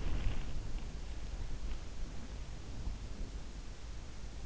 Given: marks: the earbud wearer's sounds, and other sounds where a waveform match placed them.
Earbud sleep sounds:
sounds in sleep by an in-ear microphone; body movement
0.00-3.75 s: body movement

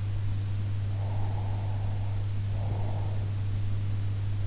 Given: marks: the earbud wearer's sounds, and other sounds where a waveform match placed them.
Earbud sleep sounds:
sounds in sleep by an in-ear microphone; breath
0.90-3.39 s: breath

